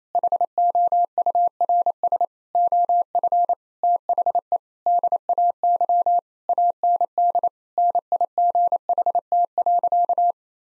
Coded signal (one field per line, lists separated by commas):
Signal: Morse code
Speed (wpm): 28 wpm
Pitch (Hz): 700 Hz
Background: none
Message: HOURS OF THE DAY AND NIGHT.